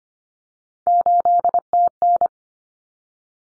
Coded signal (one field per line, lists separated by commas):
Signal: Morse code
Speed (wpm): 25 wpm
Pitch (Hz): 700 Hz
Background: none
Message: 8TN